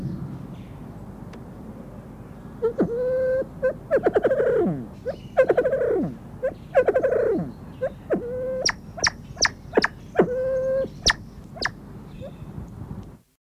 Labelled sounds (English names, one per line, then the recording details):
Crested Fireback call
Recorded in captivity
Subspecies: nobilis
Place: Zoo Köln, Nordrhein-Westfalen, DE
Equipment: Halbspur, 9,5 cm/s
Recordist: Lütgens, Hans
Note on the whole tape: Rufe